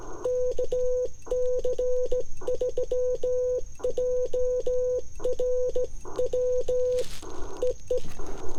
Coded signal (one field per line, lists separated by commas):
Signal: Morse code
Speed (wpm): 17 wpm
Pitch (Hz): 500 Hz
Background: none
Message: KC3JRW EE